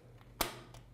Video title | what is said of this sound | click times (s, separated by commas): Oakley Twitch Lens Replacement & Installation Instructions | pop right out like that and you will hear a popping noise, but that's okay, there's no damage done to the lenses. | 0.4 s